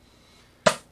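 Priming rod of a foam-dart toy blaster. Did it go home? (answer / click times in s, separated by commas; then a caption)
yes / 0.7 s. The priming rod on the bottom of a plastic foam-dart toy blaster is pulled back until it catches. After a near-silent stretch, a single sharp click sounds at 0.7 s and decays quickly. The rod is seated in place.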